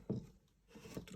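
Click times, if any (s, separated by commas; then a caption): none. The removable finder of a 1960s Topcon RE Super SLR camera, released with a button, is slid back into the camera body. Only small contact taps are heard, around 0.1, 1.1 and 1.2 seconds. The finder is supposed to snap into place, but it fails to, and nothing has seated or clicked yet.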